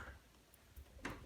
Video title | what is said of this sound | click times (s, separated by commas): Foamer soap pumps and maintenance | when you after you clean it you just push it put it back in and then push this down until it clicks | 1.1 s